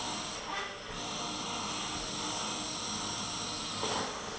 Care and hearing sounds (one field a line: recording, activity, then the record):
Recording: daily activity, microphone in the room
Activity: vacuum cleaning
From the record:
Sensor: 4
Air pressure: 996.0 hPa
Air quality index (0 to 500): 47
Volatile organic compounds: 1 ppm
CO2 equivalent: 751 ppm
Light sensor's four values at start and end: 18/47/18/19 and 18/48/19/20